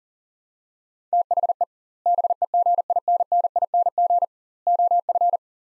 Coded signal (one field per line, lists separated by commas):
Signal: Morse code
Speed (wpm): 40 wpm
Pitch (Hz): 700 Hz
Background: none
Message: THE BEGINNING OF